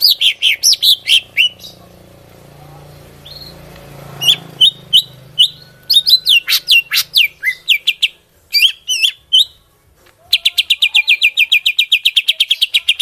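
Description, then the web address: Greater green leafbird song: varied sharp chirps and slurred whistles, then a fast even series of repeated notes near the end; faint low hum underneath early on. From Kalimantan. "cucak-ijo suara-cucak-ijo-kalimantan"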